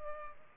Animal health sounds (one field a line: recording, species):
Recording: mosquito wingbeat signal from an infrared sensor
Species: Culex pipiens